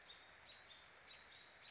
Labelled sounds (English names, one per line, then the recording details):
American Robin
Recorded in Sonoma County, California